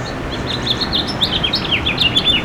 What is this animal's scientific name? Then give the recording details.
Haemorhous mexicanus. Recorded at Port Washington on Long Island, New York, on 22 May 2013. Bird A